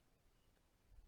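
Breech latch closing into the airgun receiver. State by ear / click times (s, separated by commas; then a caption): not seated / none. Someone works the breech latch of a PCP airgun, shutting the action toward the receiver, and only quiet handling noise is heard, with a low rumble that swells slightly near the end. Nothing has seated or clicked yet; the latch is not yet fully shut, and without that click the breech can come open when fired.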